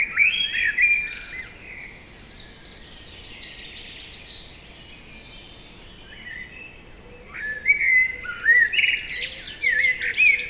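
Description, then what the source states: Common blackbird song: a warbled whistled phrase at the start, a quieter interval of chirping birds, then a longer run of mellow whistles with squeaky twitters. Evening chorus at Lac de Barterand, Magnieu, France; blackbird singing trills from a tree by the lake; recorded with Sennheiser MKH8040 ORTF stereo microphones and a Zoom F8.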